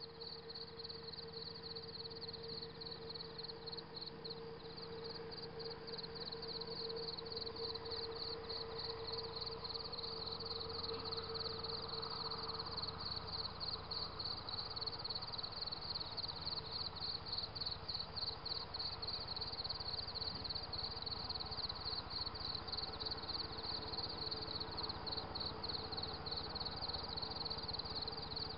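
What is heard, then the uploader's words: A rural morning outdoors in the countryside, filled with a steady, rapid pulsing of high insect calls that runs the whole time without a break. Beneath it sits a constant low machine-like hum and a soft rumble. China - rural morning sounds. Ambient sounds of nature in the country outside Xishuangbanna, China near the Laos border.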